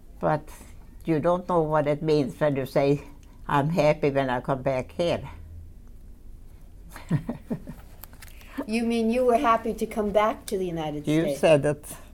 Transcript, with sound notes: But you don't what it means when you say I'm happy when I come back here. (she laughs)
You mean you were happy to come back to the United States.
You said it.